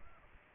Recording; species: mosquito wingbeat signal from an infrared sensor; Aedes aegypti